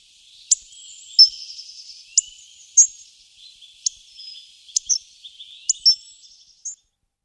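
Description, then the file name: Hawfinch calls, abrupt high clicking tsik notes at irregular intervals. "coccothraustes"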